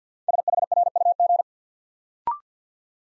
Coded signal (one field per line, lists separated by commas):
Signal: Morse code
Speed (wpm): 50 wpm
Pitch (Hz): 700 Hz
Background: none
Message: SHRUG